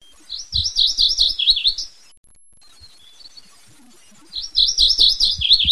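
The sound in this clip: MacGillivray's warbler phrases: quick runs of wavering, slurred high notes, two bursts separated by a pause of over two seconds, with low thumping knocks underneath.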